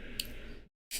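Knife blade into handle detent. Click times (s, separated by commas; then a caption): 0.2 s. A folding knife blade is swung past its mid-opening stop and snaps into a detent in the handle, which has a triple detent. A single sharp click is heard at 0.2 s over a steady low background that cuts to near silence from about 0.7 to 0.9 s before returning. The blade clicks into place.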